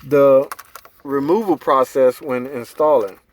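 An anti-theft immobilizer key module ring, a plastic part, is handled at the ignition lock cylinder housing under a steering column while someone talks. The module is being installed but has not snapped into place; nothing has seated or clicked yet.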